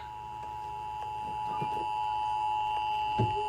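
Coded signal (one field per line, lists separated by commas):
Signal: Emergency Alert System (SAME) tones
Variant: 853 and 960 Hz attention tone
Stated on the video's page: Real EAS alerts, including tests and storm warnings, captured over several days.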